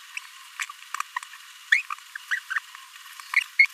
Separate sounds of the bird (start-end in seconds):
1.72-1.82, 1.92-1.95, 2.31-2.39, 2.50-2.54, 3.59-3.65